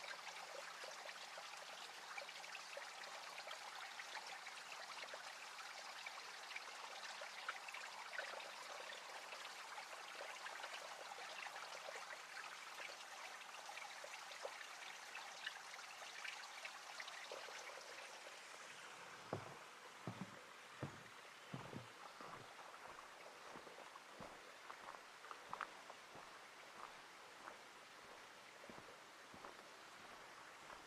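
Forest ambience at the Ancient Forest Preserve in Portland, Oregon: a dense, steady wash of trickling water fills the first eighteen seconds over a faint low hum. Then the wash thins and scattered sharp drips and taps stand out, several per second at first.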